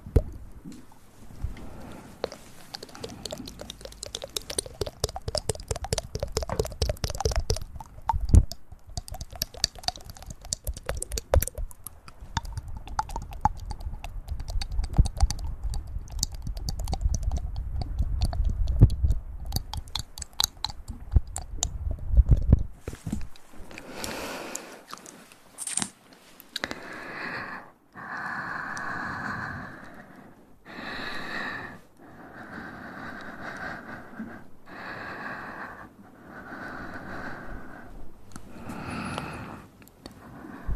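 Close ear triggers, first as a dense run of quick clicking and tapping with a heavy low rumble that grows until about 22 seconds. After a brief pause, soft breathy puffs take over, repeating roughly every two seconds in an even rhythm until the end.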